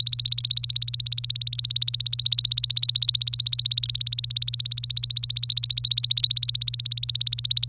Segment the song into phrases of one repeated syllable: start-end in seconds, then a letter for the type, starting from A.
0.00-7.69 A